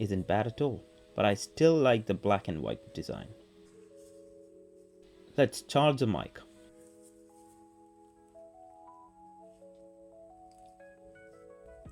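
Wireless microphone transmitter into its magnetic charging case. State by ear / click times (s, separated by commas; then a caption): not seated / none. A DJI Mic Mini compact wireless microphone transmitter is being handled near its magnetic charging case, where it snaps in by magnet. Someone talks at the start and again around 5 to 6 seconds, with soft mallet-like musical tones sustaining underneath and rising toward the end. Nothing has seated or clicked yet.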